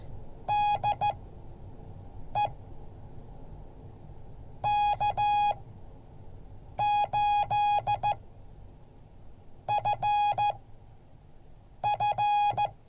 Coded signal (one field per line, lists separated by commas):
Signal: Morse code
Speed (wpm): 15 wpm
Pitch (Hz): 830 Hz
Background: none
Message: DE K8FF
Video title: Morse code class 2023-02-01